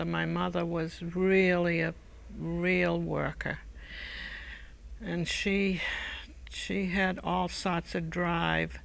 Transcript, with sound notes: My mother was really a real worker (she sighs) and she had all sorts of drive.